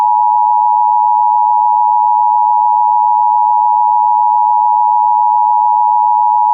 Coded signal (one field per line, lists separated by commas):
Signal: Emergency Alert System (SAME) tones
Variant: 853 and 960 Hz attention tone